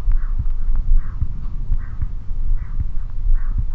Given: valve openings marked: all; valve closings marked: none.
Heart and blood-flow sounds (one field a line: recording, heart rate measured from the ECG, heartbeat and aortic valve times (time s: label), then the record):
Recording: heart sounds by stethoscope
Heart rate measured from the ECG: 75 bpm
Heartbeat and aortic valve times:
0.09 s: heartbeat (ECG mark)
0.14 s: aortic valve opens (echo mark)
0.91 s: heartbeat (ECG mark)
0.96 s: aortic valve opens (echo mark)
1.71 s: heartbeat (ECG mark)
1.77 s: aortic valve opens (echo mark)
2.49 s: heartbeat (ECG mark)
2.55 s: aortic valve opens (echo mark)
3.27 s: heartbeat (ECG mark)
3.35 s: aortic valve opens (echo mark)
From the record:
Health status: healthy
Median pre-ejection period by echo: 62 ms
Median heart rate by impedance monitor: 77 bpm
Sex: male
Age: 20 years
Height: 181 cm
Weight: 68 kg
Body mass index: 20.76